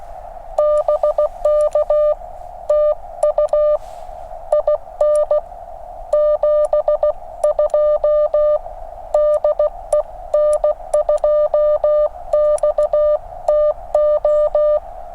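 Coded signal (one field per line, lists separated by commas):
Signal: Morse code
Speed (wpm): 16 wpm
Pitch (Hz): 600 Hz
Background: music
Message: BK TU IN 72 DE N2XTO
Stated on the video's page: Park activation on 40 meters at 5°F with a QCX mini and an end-fed half-wave antenna.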